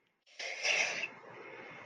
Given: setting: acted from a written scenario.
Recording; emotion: vocal sound without words; shame